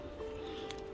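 On a Transformers Generations Selects God Neptune figure, the wing is wrapped over and its plastic peg is pushed against the angled clip on the toy body. Over steady background music, a short sharp click at 0.7 s marks the peg clipping on, and the wing tab is seated.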